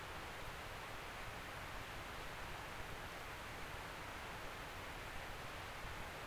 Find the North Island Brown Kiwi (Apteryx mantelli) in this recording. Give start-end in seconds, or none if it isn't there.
none